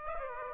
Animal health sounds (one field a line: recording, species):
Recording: mosquito wingbeat signal from an infrared sensor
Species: Aedes aegypti